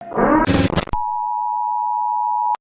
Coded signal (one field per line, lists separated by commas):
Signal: Emergency Alert System (SAME) tones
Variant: 853 and 960 Hz attention tone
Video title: The Purge | EAS Scenario